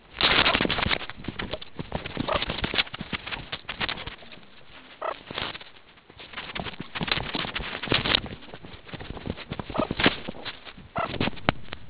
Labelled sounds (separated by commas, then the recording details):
meerkat close call
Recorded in the Kuruman River Reserve, South Africa
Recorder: an audio tag on a meerkat's collar